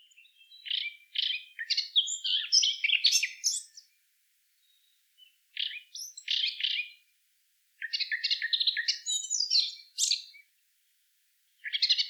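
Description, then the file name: Eurasian blackcap singing rich, varied warbling bursts with quick chirps and clear whistled notes, given in several phrases separated by silent gaps. "Sylvia atricapilla"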